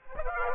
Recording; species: mosquito wingbeat signal from an infrared sensor; Aedes aegypti